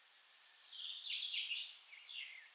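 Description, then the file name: Common chaffinch giving one quick descending trill of sharp notes with a short tail, over steady hiss. "Fringilla coelebs"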